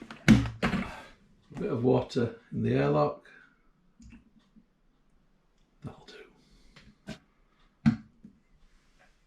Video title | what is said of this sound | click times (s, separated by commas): Home Brewing a Tomato Paste Wash for Distilling Using Icing Sugar at 15% ABV | snapped into place such good bins these | 0.3 s